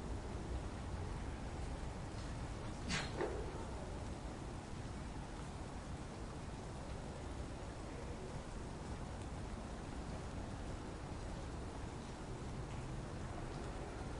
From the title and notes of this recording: Slumbering City: Rainy Soundscapes for Tranquil Nights. Rainy city white noise, urban white noise, city rainfall, ambient city sounds, rain noise.